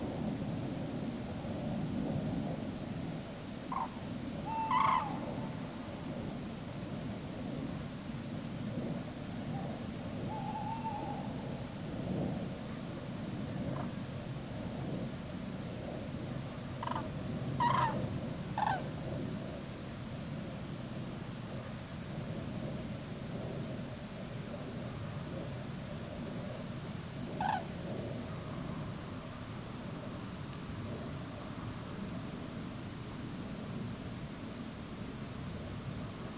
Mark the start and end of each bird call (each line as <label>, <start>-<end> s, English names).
Common Crane, 3.69-3.87 s
Tawny Owl, 4.45-5.13 s
Common Crane, 4.69-5.05 s
Tawny Owl, 10.29-11.29 s
Common Crane, 13.75-13.86 s
Common Crane, 16.79-17.09 s
Common Crane, 17.56-17.93 s
Common Crane, 18.54-18.79 s
Common Crane, 27.36-27.63 s